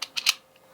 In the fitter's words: until you hear a click